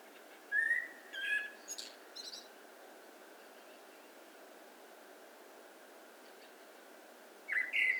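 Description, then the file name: Common blackbird with a short, clear whistled phrase and a scratchy high twitter, then a long gap before another phrase begins at the end. "Turdus merula"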